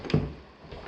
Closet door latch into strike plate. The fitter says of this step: oh this one latches